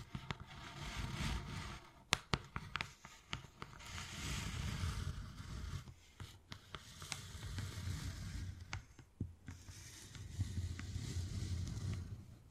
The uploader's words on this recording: ASMR Addictive Wood Carving, Tapping and Scratching Sounds (No Talking).